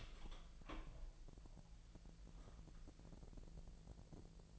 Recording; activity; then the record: daily activity, microphone in the room; open door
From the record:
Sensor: 5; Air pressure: 1001.4 hPa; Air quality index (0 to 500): 249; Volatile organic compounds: 35 ppm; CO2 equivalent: 3053 ppm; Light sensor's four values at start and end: 38/87/35/34 and 37/86/35/34